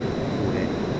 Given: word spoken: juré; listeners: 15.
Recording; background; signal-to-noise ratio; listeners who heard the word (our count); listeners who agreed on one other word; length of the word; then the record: one Spanish word in noise, from a listening test; speech-shaped noise; -5.4 dB; 0 of 15; 9 of 15; 0.60 s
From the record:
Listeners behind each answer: 9, 2, 1, 1, 1, 1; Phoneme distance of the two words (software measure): 10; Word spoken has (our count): 2 syllables, 4 phonemes, stress on syllable 2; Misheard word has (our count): 2 syllables, 4 phonemes, stress on syllable 2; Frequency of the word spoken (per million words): 1.00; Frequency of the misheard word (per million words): 6.86